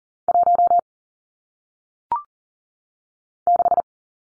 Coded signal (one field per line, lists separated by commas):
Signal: Morse code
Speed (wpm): 40 wpm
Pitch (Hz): 700 Hz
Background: none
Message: 1 6